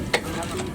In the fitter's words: அப்படியே வந்து லாக் ஆகும்போது ஒரு கிளிக் சவுண்ட் வந்து ஒன்னு கேட்கும்.